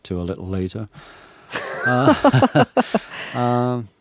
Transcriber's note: laughter